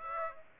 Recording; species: mosquito wingbeat signal from an infrared sensor; Aedes aegypti